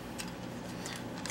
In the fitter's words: bring this down clicks in okay let's